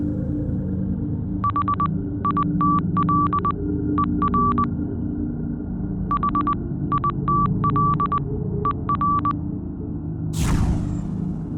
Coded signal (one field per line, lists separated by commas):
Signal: Morse code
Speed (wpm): 19 wpm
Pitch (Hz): 1160 Hz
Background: none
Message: HITLER HITLER